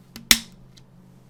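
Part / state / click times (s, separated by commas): plastic LEGO piece pressed onto the studs of a LEGO model / seated / 0.3 s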